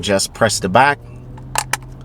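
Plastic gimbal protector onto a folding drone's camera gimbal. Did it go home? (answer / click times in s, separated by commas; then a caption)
yes / 1.6 s, 1.7 s. Someone talks while a plastic gimbal protector is hooked onto the camera gimbal of a folding DJI Mavic Air 2 drone by its two front clips. The back is then pressed down, giving two sharp clicks at about 1.6 s and 1.7 s as the protector seats into place.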